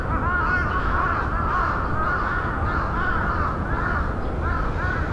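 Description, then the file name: Raven calls running almost without pause, rough arched notes repeated throughout, partly blurred by a strong steady low rumble. "rabe"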